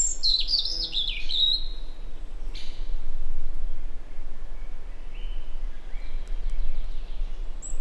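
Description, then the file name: European robin song: one sweet, high warbling phrase of quick tumbling notes in the first two seconds, then only faint high notes against low rumble. "Erithacus rubecula"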